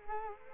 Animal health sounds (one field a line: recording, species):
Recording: mosquito wingbeat signal from an infrared sensor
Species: Culex quinquefasciatus